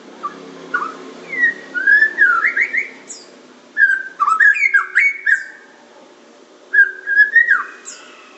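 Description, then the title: Oriental magpie-robin: a few bursts of melodious whistled song, each a quick run of slurred notes and chips, separated by brief pauses, over a low hum. "Kicau Kacer"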